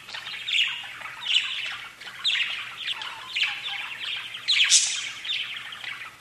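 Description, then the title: Budgerigar chatter, a continuous stream of scratchy, buzzy chirps and warbles with sharper high squeaks in short bursts. "Budgie Sounds"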